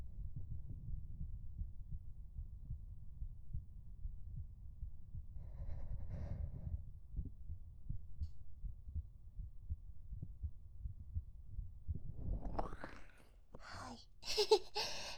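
Muffled, low thumping heard through a microphone pressed against an adult's chest: an ordinary heartbeat. A steady low rumble runs underneath, and handling rustle and noise follow near the end as the microphone moves.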